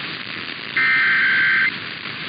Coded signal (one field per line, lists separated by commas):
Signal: Emergency Alert System (SAME) tones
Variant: header bursts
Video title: EAS #31-34 - Illinois and Hawaii Monthly Tests (1/2/24)